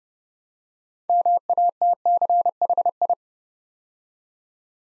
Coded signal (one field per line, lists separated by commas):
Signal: Morse code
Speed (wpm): 30 wpm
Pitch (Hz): 700 Hz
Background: none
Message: MATCHI